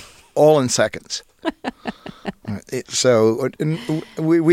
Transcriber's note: soundbite of laughter